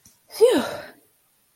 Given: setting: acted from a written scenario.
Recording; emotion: vocal sound without words; relief